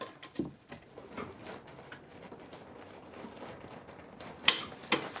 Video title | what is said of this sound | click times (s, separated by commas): Episode 34 of 35: 2008 Acura MDX - Installing the Crank Pulley, Serpentine Belt, Spark Plugs, etc. | There's our click. | 4.5 s